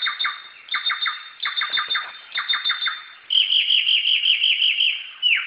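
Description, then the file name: Black-throated laughingthrush song: quick bursts of clipped downslurred notes in small groups, then a fast rolling run of steady repeated notes. Recorded in a forest. "suara burung samyong di hutan"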